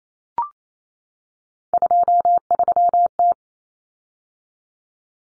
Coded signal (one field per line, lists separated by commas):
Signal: Morse code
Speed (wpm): 28 wpm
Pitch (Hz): 700 Hz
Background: none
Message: 23T